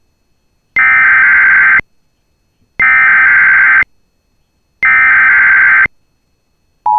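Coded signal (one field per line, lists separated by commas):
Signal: Emergency Alert System (SAME) tones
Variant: header bursts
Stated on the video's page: Real EAS alerts for a severe thunderstorm outbreak in eastern Minnesota, the Minneapolis–St. Paul metro area and western Wisconsin.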